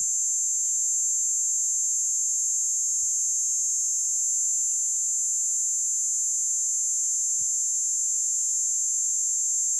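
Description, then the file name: P. plumosa producing an unbroken shrill high-pitched buzz, steady in pitch and loudness for the whole stretch, with a few faint lower ticks. Recorded on a farm. "P plumosa Paniel Farm"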